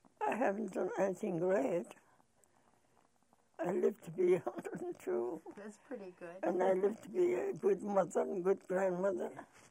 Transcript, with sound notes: I haven't done anything great. I lived to be a hundred and two (laughing)
That's pretty good.
And I lived to be a good mother and good grandmother.